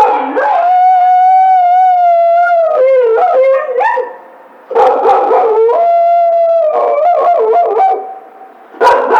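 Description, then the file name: Coyotes howling in a group, long wavering notes broken by yips and yelps, with two short pauses before the chorus resumes. Recorded 2 March 2010; several coyotes. "2010 03 02 Coyotes"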